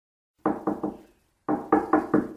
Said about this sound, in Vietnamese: Khi cô sửa soạn xong thì có tiếng gõ cửa phòng.